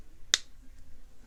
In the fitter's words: All right, we hear it popping and clicking as we get it on there.